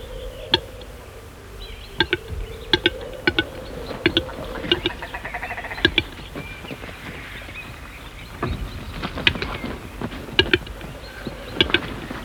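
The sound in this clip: Western capercaillie song: sharp, dry clicks at irregular intervals, some in quick pairs.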